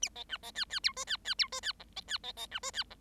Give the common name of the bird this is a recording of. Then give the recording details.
Bengalese Finch. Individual Bird7